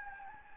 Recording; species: mosquito wingbeat signal from an infrared sensor; Anopheles gambiae